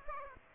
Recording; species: mosquito wingbeat signal from an infrared sensor; Aedes aegypti